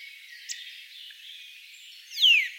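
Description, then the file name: Eurasian nuthatch gives a single sharp, downward-sliding call near the end, after a stretch of quiet, high background chatter and one brief faint click. "Sitta europaea"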